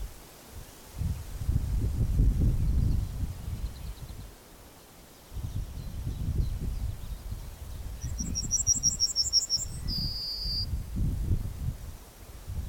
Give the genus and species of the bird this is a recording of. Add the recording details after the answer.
Emberiza citrinella. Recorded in the wild. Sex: male. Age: adult. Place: Blankenfelde, Berlin, DE. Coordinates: 52.625, 13.404. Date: 1992-05-28 10:46. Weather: sonnig, 20-24 °C, böiger Ost-Wind. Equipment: Nagra SN, Mikrofon AKG CK 8, Kopie Tesla B 116. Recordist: Tembrock, Günter